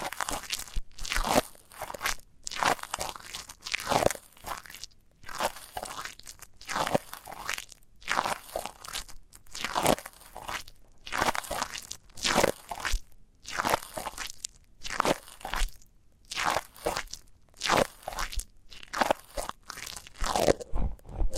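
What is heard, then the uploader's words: Crinkly crunching with tape pressed and peeled over a microphone, in regular bursts roughly every second across the whole stretch. Each burst is bright and crackly, separated by brief near-silent gaps, with a soft low thump at some onsets. ASMR Sensitive Tingles with Mics Under Tape (No Talking).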